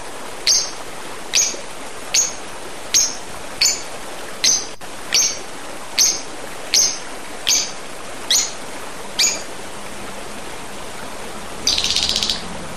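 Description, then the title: Oriental magpie-robin giving short, sharp high notes repeated a little faster than once a second, then after a pause a brief rapid buzzy chatter, over a steady background hiss. "Kicau Kacer"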